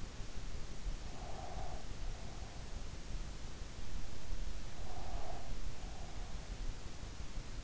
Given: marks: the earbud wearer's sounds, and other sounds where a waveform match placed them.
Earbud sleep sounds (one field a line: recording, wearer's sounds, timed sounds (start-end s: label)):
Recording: sounds in sleep by an in-ear microphone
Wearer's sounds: breath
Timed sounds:
1.03-2.68 s: breath
4.75-6.42 s: breath